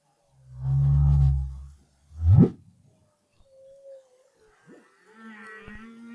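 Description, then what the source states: Humpback whale song unit sequence: a deep droning moan, a quick steep upsweep, then faint tonal whistles and a wavering higher cry. Recorded in 2011 as part of the BRAHSS project.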